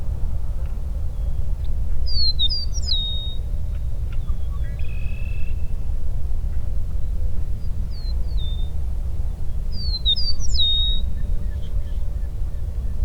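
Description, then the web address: Eastern meadowlark song: three phrases of clear, slurred whistles sliding downward, spread over about nine seconds, with a brief buzzy call between the first two over steady low rumbling background noise. "sound Eastern-meadowlark. صدای-پرنده-چمن-چکاو-شرقی"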